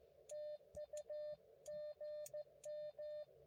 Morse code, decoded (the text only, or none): TU GM